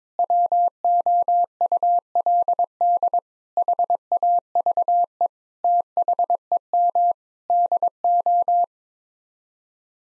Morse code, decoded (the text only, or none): WOULD HAVE THEM DO